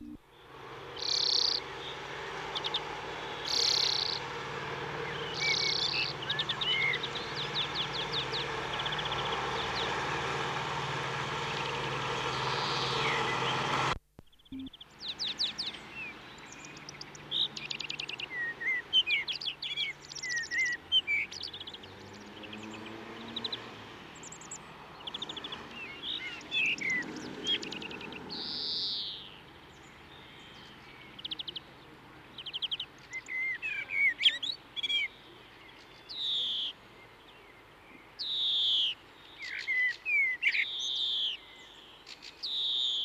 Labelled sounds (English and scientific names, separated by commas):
European Greenfinch (Chloris chloris) song